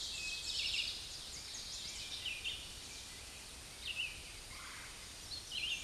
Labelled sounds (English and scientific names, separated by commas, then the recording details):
Red-eyed Vireo (Vireo olivaceus) song
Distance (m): 50 m
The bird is about 30 m above the microphone
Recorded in a Pennsylvania forest on 16 May 2024 at 07:18
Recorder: AudioMoth, point MSD-2391
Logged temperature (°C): 15.0 °C
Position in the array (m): 105 m, 75 m